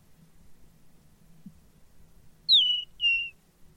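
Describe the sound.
Bird calls: two short, clear whistled notes, each sliding down and then levelling off, given about half a second apart, over a faint low hum.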